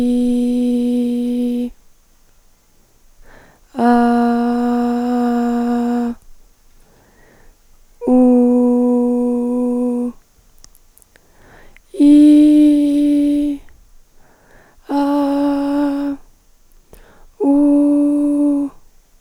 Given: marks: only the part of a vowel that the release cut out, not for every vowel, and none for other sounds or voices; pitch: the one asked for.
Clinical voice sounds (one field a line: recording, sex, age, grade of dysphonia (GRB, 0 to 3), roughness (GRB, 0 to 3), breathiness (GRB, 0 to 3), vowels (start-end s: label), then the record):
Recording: sustained vowels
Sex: female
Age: 20 to 29 years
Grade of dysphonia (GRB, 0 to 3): 1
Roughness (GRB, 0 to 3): 1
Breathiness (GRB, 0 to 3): 1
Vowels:
0.00-1.47 s: vowel /i/, normal pitch
4.01-5.95 s: vowel /a/, normal pitch
8.33-9.92 s: vowel /u/, normal pitch
12.17-13.48 s: vowel /i/, high pitch
15.04-16.04 s: vowel /a/, high pitch
17.54-18.36 s: vowel /u/, high pitch
From the record:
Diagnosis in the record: hyperfunctional dysphonia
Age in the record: 21 years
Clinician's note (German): Ponogen, mit Phonationsverdickungen bds